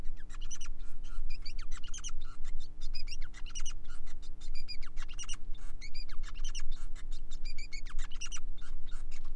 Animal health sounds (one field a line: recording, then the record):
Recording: song of a male Bengalese finch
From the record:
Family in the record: son of father 5